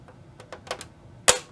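A plastic retaining tab on an Xbox 360 outer shell is pushed in while the shell is opened to repair a DVD drive that is not opening or reading discs. A few faint light ticks come first, around 0.4 to 0.8 s, then the tab releases with a sharp click at 1.3 s and the shell tab clicks open.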